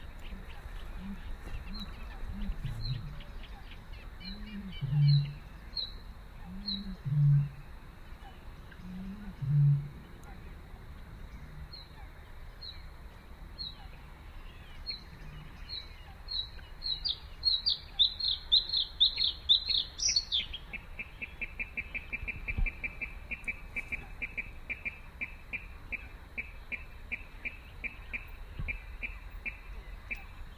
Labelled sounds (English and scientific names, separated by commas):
Bluethroat (Luscinia svecica) song